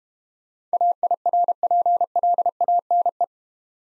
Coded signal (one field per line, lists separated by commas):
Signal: Morse code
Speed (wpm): 32 wpm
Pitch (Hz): 700 Hz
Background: none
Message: AIRPLANE